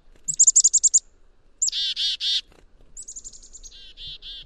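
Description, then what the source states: Black-capped Chickadee call: a quick run of thin, high chick notes, then three harsh, buzzy dee notes, followed by another rapid chick-a phrase trailing into softer buzzy dees. Signature chickadee-dee-dee call, distinct from its spring song; the number of dee notes reflects the bird's judgment of how dangerous a threat is; Maine.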